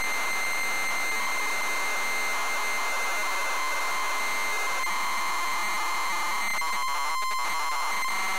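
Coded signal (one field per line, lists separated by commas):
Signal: ZX Spectrum tape loading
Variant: ZX Spectrum +3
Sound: harsh buzzing hiss with a steady high tone and warbling tones, then rasping bursts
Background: tape hiss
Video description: ZX Spectrum load up and quick game play of Return Of The Jedi loaded up using a zx spectrum +3 with a wh smith cpd8300 cassette player.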